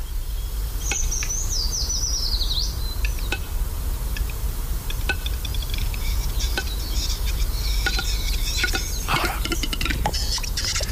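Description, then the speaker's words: Western Capercaillie clicks: sharp, dry single knocks spaced irregularly, under a steady hiss, with high whistled notes of other birds at times. Clicking 'taponazos' of the song at a lek in the dead of night, 4 a.m., heard from a distance long before the rest of the song; forests of the Andorran Pyrenees. "Eso es lo que se oye de lejos cuando tú te aproximas a un cantadero de urogallos en la alta noche, a las 4 de la mañana."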